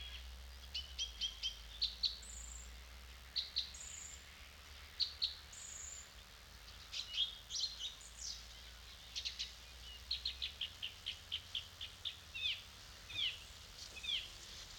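An evening in a clay pit, recorded with a dummy head: several birds call and sing throughout, with quick bright chirps and short high whistles repeating every second or so. A steady low rumble sits underneath, easing slightly after about ten seconds.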